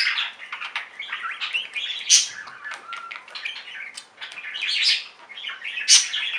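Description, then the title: Budgerigar chatter, dense and busy, with harsh chirps, squeaks and clicks crowding together and a few louder shrill peaks. "Budgie Sounds"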